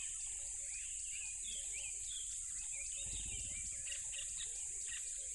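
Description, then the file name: Crickets sustain a high-pitched trill as bird chirps and whistles scatter above and short ticking insect notes sound below. Loud crickets by a tropical river. "smartsound ATMO NATURE Tropical River Loud Crickets"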